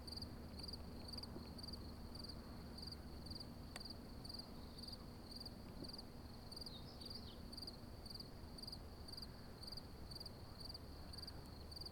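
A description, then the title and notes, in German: Crickets trill steadily throughout, a high, bright chirping pulsed in quick, even beats. Underneath runs a constant low rumble with a faint steady hum. A single sharp click lands near four seconds, and a brief wavering squeak appears around seven seconds. Grillen und eine Maus auf dem Hesselberg.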